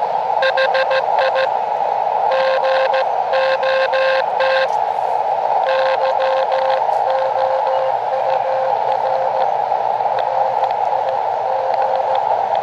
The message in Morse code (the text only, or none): HI GOT YOUR RIG